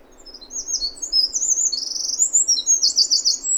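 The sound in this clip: Eurasian wren song, a loud, fast, high-pitched outpouring of trills and sharp notes that rattles on without pause throughout.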